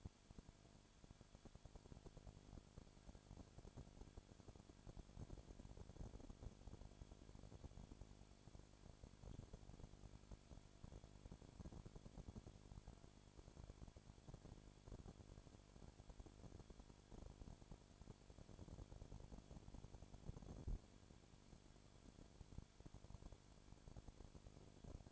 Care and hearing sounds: daily activity, microphone in the room; no activity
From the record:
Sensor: 5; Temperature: 20.2 degrees Celsius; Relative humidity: 36.5%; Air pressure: 1001.2 hPa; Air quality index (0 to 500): 176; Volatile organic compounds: 4 ppm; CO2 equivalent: 1609 ppm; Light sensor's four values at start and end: 2/3/1/1 and 2/3/1/1

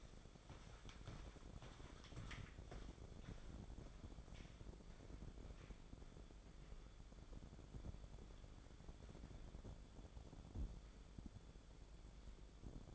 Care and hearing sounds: daily activity, microphone in the room; walk to room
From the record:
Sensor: 5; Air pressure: 1010.5 hPa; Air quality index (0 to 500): 109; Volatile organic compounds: 2 ppm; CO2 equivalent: 1074 ppm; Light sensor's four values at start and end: 588/1439/611/731 and 420/1098/450/517

